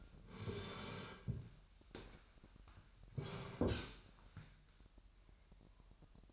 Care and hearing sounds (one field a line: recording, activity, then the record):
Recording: daily activity, microphone in the room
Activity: sit down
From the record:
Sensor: 2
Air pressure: 998.4 hPa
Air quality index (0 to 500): 125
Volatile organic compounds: 3 ppm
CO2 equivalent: 1416 ppm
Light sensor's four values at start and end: 5/12/5/5 and 6/14/6/6